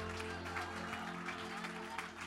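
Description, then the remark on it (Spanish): An audience at a church worship service claps steadily in a dense, continuous wash of applause that runs the whole time, with sustained low tones droning beneath it. “Fuerte ese aplauso, fuerte, fuerte.”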